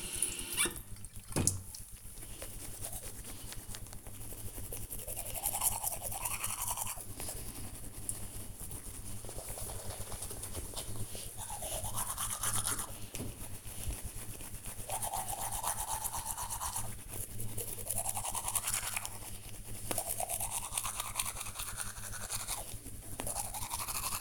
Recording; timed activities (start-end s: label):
household activities, microphone on the right wrist
0.00-24.21 s: brushing teeth